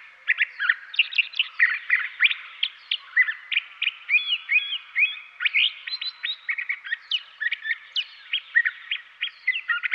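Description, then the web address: Curve-billed thrasher delivering a lively, unbroken song of many varied whistled and sharp notes. Western North America. "Dan Gibson Wildlife Identification By Sound, Western North America. Curve-Billed Thrasher"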